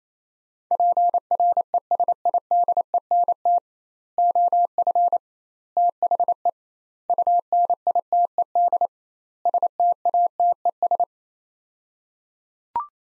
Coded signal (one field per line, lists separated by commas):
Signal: Morse code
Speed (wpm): 28 wpm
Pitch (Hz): 700 Hz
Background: none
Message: PRESIDENT OF THE UNITED STATES